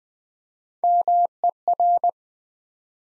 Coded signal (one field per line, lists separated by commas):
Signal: Morse code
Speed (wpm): 20 wpm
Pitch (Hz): 700 Hz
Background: none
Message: MER